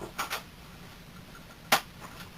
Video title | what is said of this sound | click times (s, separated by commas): Tokyo Marui AK47 clone review | then brings back and the locks into place it's | 1.7 s